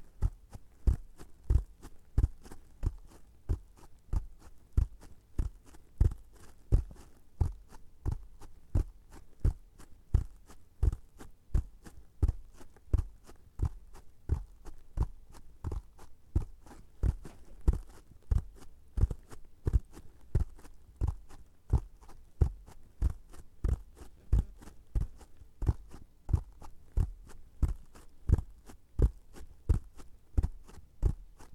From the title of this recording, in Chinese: 轻微敲击声